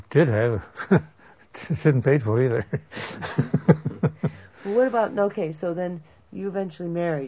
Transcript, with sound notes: or did have. Couldn't pay for either. (laughs)
What about... now ok, so then you eventually married.